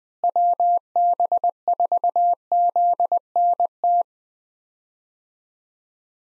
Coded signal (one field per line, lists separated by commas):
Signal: Morse code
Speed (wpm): 21 wpm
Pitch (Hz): 700 Hz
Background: none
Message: WB4ZNT